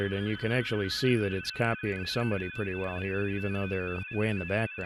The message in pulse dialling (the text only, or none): none